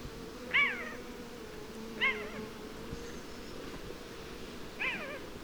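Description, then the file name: Eurasian jay giving three mewing calls that arch and slide downward, spaced irregularly over several seconds against a steady low background hum. "Garrulus glandarius"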